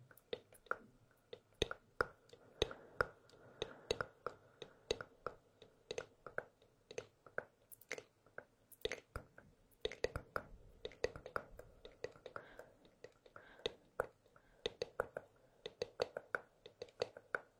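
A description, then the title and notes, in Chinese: Hands rubbing together, heard as a dense, irregular run of crisp taps and clicks with soft swishy friction between them. The sharp hits come several times a second for the whole stretch, sometimes bunching up, over a faint steady low hum. 搓手手。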